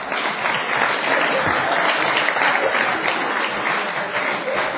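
A crowd claps steadily and continuously for about five seconds, a dense, even wash of many hands at a fairly loud, constant level with no voices standing out.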